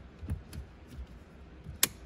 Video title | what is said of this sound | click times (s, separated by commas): How to fix Steering wheel coupler of 2013 Hyundai Elantra GT removal install repair full detail | So we gotta do this. Make sure it click. That's your cue that you put it right. | 1.8 s